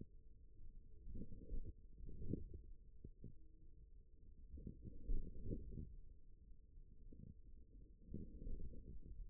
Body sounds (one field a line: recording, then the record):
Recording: forearm muscle sounds (acoustic myography)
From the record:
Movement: forearm supination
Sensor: system 1, eight BSWA MPA416 microphones around the upper forearm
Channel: 7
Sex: male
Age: 41 years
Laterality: right